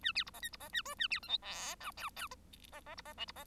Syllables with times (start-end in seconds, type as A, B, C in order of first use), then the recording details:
0.02-0.12 A, 0.15-0.24 B, 0.26-0.30 C, 0.33-0.40 D, 0.42-0.49 E, 0.52-0.57 C, 0.59-0.69 D, 0.73-0.82 A, 0.85-0.95 F, 0.98-1.07 A, 1.10-1.20 B, 1.22-1.28 G, 1.28-1.37 H, 1.42-1.75 I, 1.80-1.91 J, 1.97-2.10 K, 2.16-2.28 K, 2.72-2.81 D, 2.86-2.95 D, 2.97-3.02 C, 3.05-3.14 D, 3.17-3.25 L, 3.27-3.32 C, 3.35-3.44 D. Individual Bird1